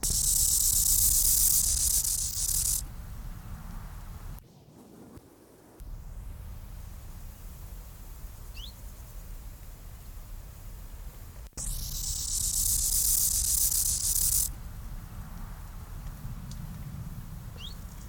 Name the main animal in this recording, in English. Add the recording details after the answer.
Rufous Grasshopper. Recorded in the wild. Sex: male. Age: imago. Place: Gößweinstein, Fränkische Schweiz, Bayern, DE. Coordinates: 49.72, 11.07. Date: 1995-09-06 12:02. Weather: schwach sonnig, 16,6°C. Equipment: Nagra SN, Sennheiser ME 80, Kopie Uher 4000 Report Monitor. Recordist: Tembrock, Günter. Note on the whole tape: Weg nach Stadelhofen (Waldwiese): 2 Weibchen nacheinander